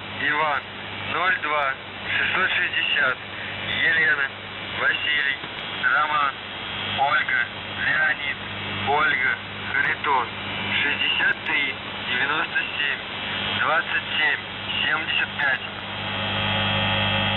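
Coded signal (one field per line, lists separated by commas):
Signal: coded military voice message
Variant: UVB-76, Russian voice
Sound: a male voice reading words over steady radio hiss, with no buzzer tones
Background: radio static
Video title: The Buzzer | 20th August 2023 | Voice Message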